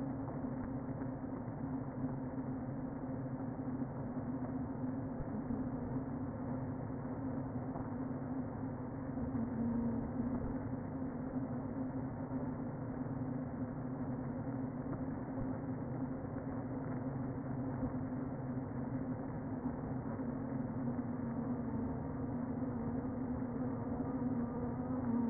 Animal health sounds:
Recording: honeybee colony, microphone inside the hive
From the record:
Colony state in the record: queen present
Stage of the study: before two queens were removed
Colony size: about 60,000 bees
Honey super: yes

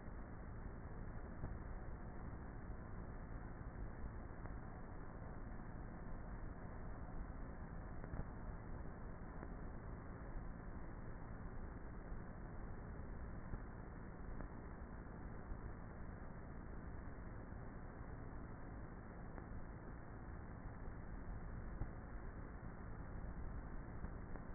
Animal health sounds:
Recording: honeybee colony, microphone inside the hive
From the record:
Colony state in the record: queenless with a low population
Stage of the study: before two queens were removed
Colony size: about 30,000 bees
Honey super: no

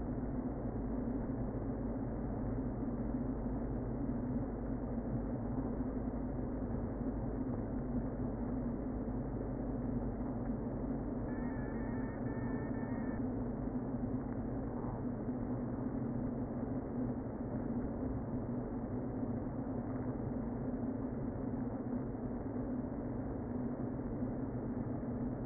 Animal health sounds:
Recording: honeybee colony, microphone inside the hive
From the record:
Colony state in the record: queen present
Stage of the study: before two queens were removed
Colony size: about 60,000 bees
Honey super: yes

